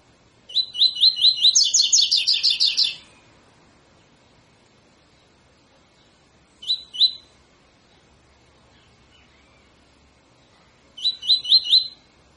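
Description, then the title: Double-collared seedeater song: a rapid series of bright repeated notes rising midway, then a short two-note chirp and another brief phrase. Tutor song used for teaching young birds; the song style is called tui tui fibra. "COLEIRO TUI TUI FIBRA CANTO PROFESSOR"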